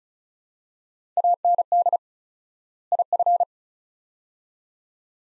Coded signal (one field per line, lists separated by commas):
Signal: Morse code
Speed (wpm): 36 wpm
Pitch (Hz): 700 Hz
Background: none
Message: AND IF